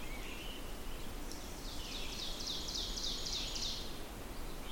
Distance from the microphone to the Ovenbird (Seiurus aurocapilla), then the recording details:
about 70 m. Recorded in boreal forest in Alberta, Canada, on 4 June 2016 at 08:41. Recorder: SongMeter 3, array SBT-3-51. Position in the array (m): 264 m, 116 m. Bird 28